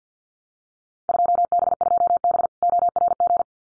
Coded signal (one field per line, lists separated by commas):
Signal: Morse code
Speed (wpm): 50 wpm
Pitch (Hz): 700 Hz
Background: none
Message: 2B2B ORG